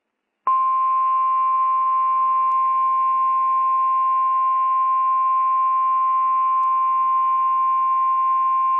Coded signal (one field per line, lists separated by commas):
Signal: Emergency Alert System (SAME) tones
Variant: 1050 Hz attention tone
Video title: EAS - Severe Thunderstorm Warning Jul 23, 2025. NOAA Weather Radio